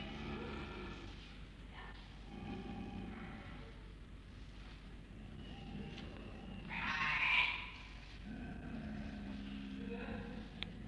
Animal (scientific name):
Uncia uncia